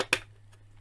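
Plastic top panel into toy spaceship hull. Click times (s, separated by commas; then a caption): 0.1 s. The back of the plastic top section of a Hasbro Star Wars Mission Fleet Razor Crest toy spaceship is pressed down into the hull after its front tab is lined up. A sharp plastic snap is heard at about 0.1 s, followed by a faint tick near 0.5 s and another short click near 0.8 s. The panel seats and is held firmly in place.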